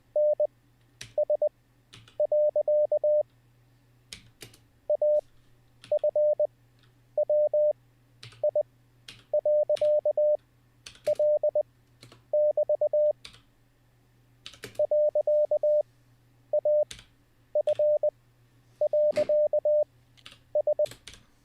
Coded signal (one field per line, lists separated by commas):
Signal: Morse code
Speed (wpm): 20 wpm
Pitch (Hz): 600 Hz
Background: none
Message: NS. AFWI.L<BT> .AF.S